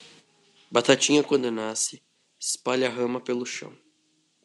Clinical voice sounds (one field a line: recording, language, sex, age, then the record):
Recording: short text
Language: Brazilian Portuguese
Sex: male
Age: 50 to 59 years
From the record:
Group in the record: control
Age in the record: 50 years